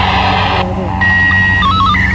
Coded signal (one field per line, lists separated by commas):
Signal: SSTV (slow-scan television)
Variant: PD 90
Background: speech